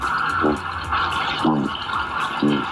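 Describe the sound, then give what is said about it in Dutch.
Three short, low, buzzing grunts from an Atlantic cod, evenly spaced about a second apart, rising over a steady underwater hiss and bubbling background. “Eén vis is bijvoorbeeld kabeljauw. Laten we even luisteren.”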